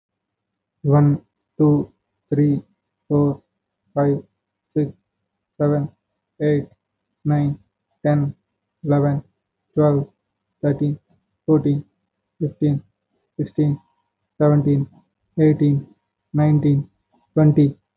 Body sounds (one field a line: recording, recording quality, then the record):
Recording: counting at a normal pace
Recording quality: excellent, no background noise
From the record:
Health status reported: healthy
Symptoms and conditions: none ticked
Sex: male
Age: 30 years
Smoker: not ticked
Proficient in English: yes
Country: India